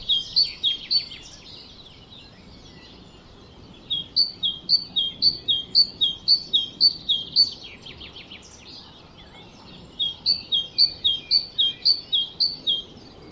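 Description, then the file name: Great tit singing bursts of repeated high-low two-note whistles, with a brief run of softer, rapid chattering notes between the bursts and short pauses. "Parus major"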